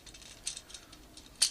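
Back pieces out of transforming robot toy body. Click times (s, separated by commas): 0.5 s, 1.4 s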